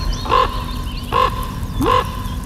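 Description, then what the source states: Common Raven calls, three short hoarse croaks spaced under a second apart, the last slightly rising, over low background hum. Bird of the Year candidate; described as a clever bird that sounds a bit rusty.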